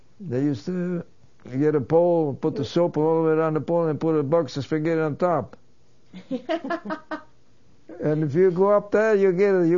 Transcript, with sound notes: They used to get a pole, put the soap all the way around the pole and put a box of spaghetti on top. (laughs) And if you go up there you get it.